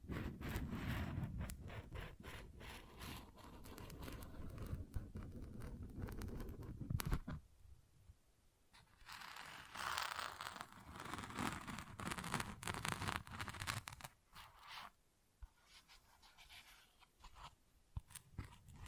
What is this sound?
Tingly Textures Tapping and Scratching